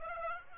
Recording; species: mosquito wingbeat signal from an infrared sensor; Aedes aegypti